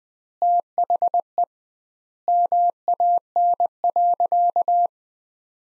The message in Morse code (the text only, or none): THE MAN.